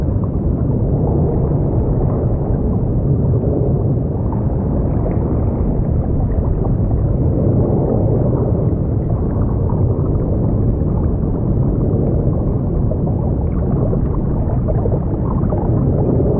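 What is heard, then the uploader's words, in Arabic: A deep, steady underwater roar of ocean currents fills the whole recording, dense and unbroken, with most of its weight in the low rumble and nothing above the lower middle range. Soft swells and faint gurgling ripples drift through without any distinct events. أصوات تحت الماء في المحيط الأزرق العميق. همس البحر الناعم ونبض البحر الإيقاعي. هدير التيارات تحت الماء.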